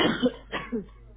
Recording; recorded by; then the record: voluntary cough; telephone call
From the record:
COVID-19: positive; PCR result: self-reported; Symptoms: no